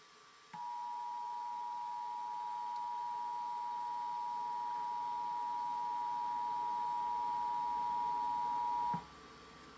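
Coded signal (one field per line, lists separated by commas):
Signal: Emergency Alert System (SAME) tones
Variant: 853 and 960 Hz attention tone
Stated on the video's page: Oregon Required Monthly Test tones.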